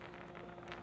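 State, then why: Seated. A new metal cannula is slid into a MicroAire PAL LipoSculptor powered liposuction handpiece, after the old one was removed by pressing the yellow button, and locks into place. Over a steady noisy hiss with a few faint ticks, one sharp click stands out at 0.7 s as the cannula seats.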